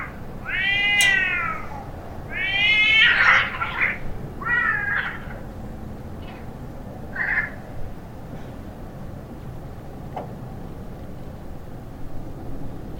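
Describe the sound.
Cats yowling in a fight, with several loud wavering wails early on that grow shorter and fainter, then scattered brief cries over a low background hiss.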